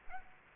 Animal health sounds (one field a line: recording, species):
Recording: mosquito wingbeat signal from an infrared sensor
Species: Aedes albopictus